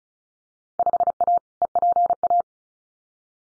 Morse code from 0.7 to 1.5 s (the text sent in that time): 5A